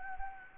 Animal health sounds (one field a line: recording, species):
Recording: mosquito wingbeat signal from an infrared sensor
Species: Anopheles gambiae